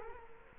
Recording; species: mosquito wingbeat signal from an infrared sensor; Culex quinquefasciatus